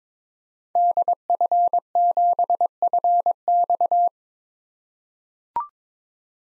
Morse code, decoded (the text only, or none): DF7FX